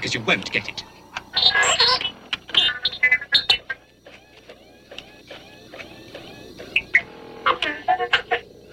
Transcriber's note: beeping and whistling